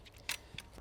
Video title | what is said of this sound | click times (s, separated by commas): VW California T7 Awning + Tips! | So just pull that clap cap up and just give it a pull. That's on there. That locks into place. | 0.3 s